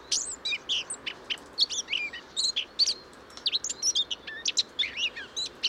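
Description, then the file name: Eurasian blackcap song in quick bursts of varied high notes, squeaky upslurs and chattering elements, with brief pauses between phrases over a quiet hiss. "Sylvia atricapilla"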